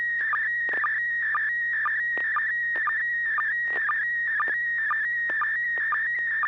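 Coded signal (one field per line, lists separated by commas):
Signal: SSTV (slow-scan television)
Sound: warbling tone shifting around in pitch, with a short low blip about twice a second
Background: low hum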